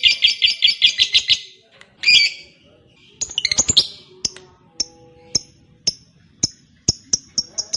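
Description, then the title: Lovebird calls: a quick burst of rasping chatter, then a harsh chirp. A rapid twittering series follows, ending in several thin, high, clipped notes. Fighter-type lovebird singing energetically (gacor). "SUARA Lovebird FIGHTER GACOR"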